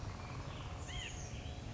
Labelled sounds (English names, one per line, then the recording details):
White-breasted Nuthatch
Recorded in Sonoma County, California